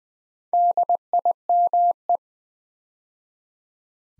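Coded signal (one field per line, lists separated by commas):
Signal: Morse code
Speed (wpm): 20 wpm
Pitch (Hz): 700 Hz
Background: none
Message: DIME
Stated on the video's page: Morse practice at 20 wpm: 4-letter words built two letters at a time for instant character recognition.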